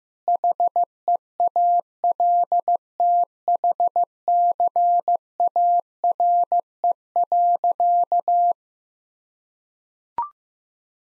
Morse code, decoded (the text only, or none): HEALTHCARE.